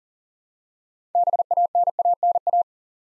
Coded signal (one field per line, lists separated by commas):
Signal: Morse code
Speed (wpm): 40 wpm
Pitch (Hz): 700 Hz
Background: none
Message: BANANA